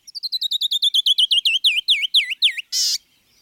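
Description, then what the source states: Canyon Wren song: a long run of clear whistled notes that drop steadily in pitch and slow toward the end, closing with one harsh buzzy note. Song a cascade of silvery whistled notes like a glissando; American West, Mexico to southern British Columbia; resident year-round on steep rocky outcrops and cliffs; nests in rock piles and under overhangs.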